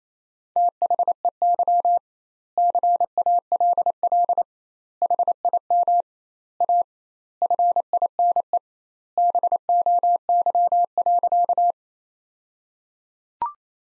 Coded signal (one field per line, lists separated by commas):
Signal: Morse code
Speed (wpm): 28 wpm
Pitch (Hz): 700 Hz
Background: none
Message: THEY CALL HIM A FINE BOY.